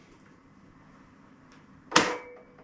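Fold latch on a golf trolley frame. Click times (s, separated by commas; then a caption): 2.0 s. The fold latch on a Stewart Golf Q Follow golf trolley frame is worked by tilting the trolley back onto its backside and pushing the fold button. After a quiet stretch, a loud, sharp click sounds at 2.0 s, followed by a brief metallic ring that fades. The frame latches into its folded position.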